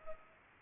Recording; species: mosquito wingbeat signal from an infrared sensor; Culex pipiens